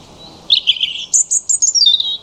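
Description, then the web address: European robin song: a quick run of high, thin, warbling and trilled notes, swerving up and down in pitch over about two seconds. "Deverinetal 2025 File origin Bird Only Er Ru"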